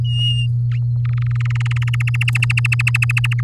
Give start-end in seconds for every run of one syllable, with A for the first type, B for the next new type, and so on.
0.04-0.47 A, 1.05-1.78 B, 1.82-3.41 C